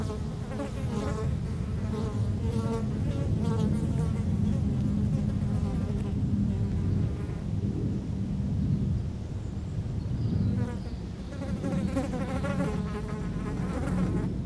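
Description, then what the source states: Fly buzzing comes and goes in waves throughout, harmonic drones wavering, against a loud continuous low rumble of wind. Flies feeding on dung, close-up; Chemin de Lombardil, Fenouillet, France; windy day near Blagnac airport; Sennheiser MKH8040 ORTF pair with SD MixPre6.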